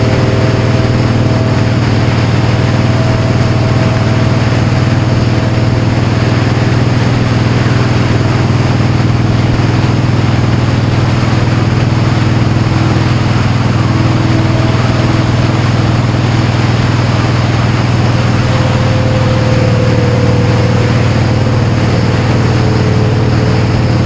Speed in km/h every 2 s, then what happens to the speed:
81, 82, 84, 81, 79, 81, 84, 79, 84, 77, 79, 77.
0-24 steady at about 81.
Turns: none.